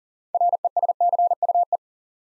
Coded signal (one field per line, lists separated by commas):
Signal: Morse code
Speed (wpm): 38 wpm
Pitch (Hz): 700 Hz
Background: none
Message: RESCUE